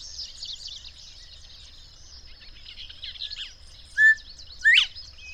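Birds singing in a busy chorus of high chirps, ending with two loud notes: a short flat whistle, then a sharp rising sweep.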